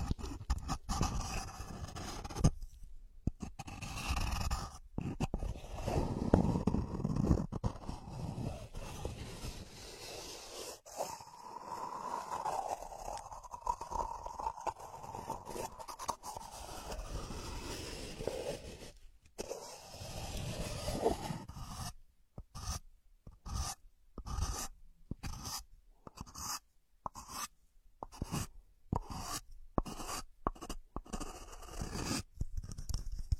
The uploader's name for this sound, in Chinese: 无人声搔耳朵